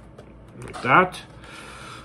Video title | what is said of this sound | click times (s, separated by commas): Building a Blacksmith House Part 2 | and now the building's nice and locked in place | 0.6 s, 0.7 s